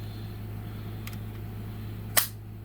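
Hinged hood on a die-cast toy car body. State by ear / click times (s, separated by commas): seated / 2.2 s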